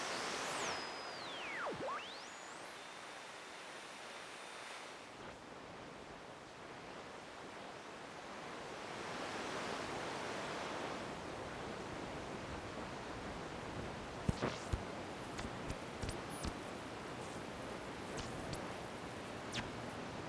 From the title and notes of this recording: My first nighttime voltage controlled shortwave radio experiment with a 25 foot antenna.